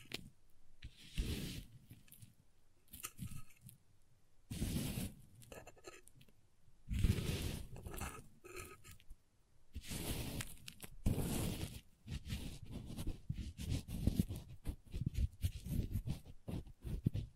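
Crayons being worked against a surface, with short scraping and carving strokes that come in bursts around one, three, five, seven, nine and eleven seconds. Between them are soft taps and crunchy, crumbly scratches. After twelve seconds the strokes become dense, quick and continuous.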